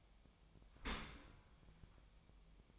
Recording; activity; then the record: daily activity, microphone in the room; open dishwasher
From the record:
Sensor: 1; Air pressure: 1004.7 hPa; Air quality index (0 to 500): 121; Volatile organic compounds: 4 ppm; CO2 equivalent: 1685 ppm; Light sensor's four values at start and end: 9/21/8/9 and 9/21/8/9